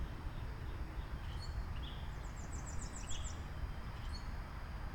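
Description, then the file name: Birds chirping: a few short high notes, then a quick run of very high, sharp trilled chirps, over constant low rumbling background noise. Birds chirping outside. "Birds Chirping outside Krucifix Productions"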